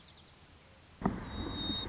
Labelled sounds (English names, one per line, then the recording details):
White-crowned Sparrow
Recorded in Sonoma County, California